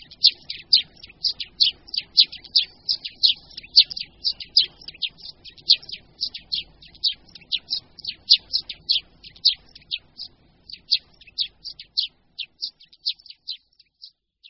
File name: Vrabec-polní